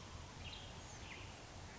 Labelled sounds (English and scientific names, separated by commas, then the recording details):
Western Tanager (Piranga ludoviciana)
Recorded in Sonoma County, California